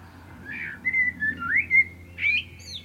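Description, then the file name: Common blackbird song: soft, pure whistled notes, gently rising and falling, ending with a brighter upward-sliding note and thin high notes. "Turdus merula"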